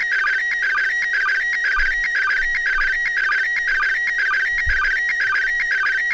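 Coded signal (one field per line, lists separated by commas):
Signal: SSTV (slow-scan television)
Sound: warbling, chirping tone repeating rhythmically several times a second, with short low blips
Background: steady hum tones, radio noise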